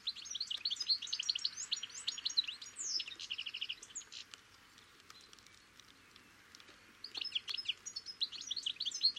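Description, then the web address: Bird calls in quick, high chirping bursts, a dense run over the first three seconds, a quiet pause, then another burst near the end. "Deverinetal 2025 File origin Bird Only"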